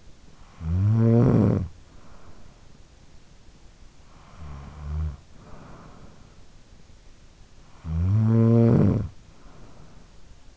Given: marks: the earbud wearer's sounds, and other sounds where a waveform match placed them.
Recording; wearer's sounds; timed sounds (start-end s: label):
sounds in sleep by an in-ear microphone; snoring breath
0.00-2.99 s: snoring breath
3.62-6.50 s: snoring breath
7.62-10.57 s: snoring breath